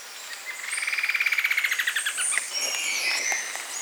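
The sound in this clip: Bird giving a fast, evenly pulsed trill that rises in loudness then trails off, followed by a jumble of high chirps and whistles from several birds.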